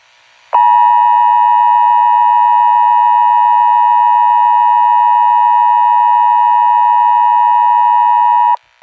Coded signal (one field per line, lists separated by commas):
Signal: Emergency Alert System (SAME) tones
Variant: 853 and 960 Hz attention tone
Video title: EAS CHILD ABDUCTION EMERGENCY 12/20/20